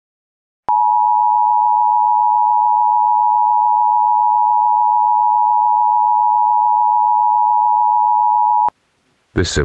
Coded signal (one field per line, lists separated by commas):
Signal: Emergency Alert System (SAME) tones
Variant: 853 and 960 Hz attention tone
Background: speech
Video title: 4/20/23: CAP Fire Warning for Skagit County, Washington for a wildfire in Layman (EAS #19)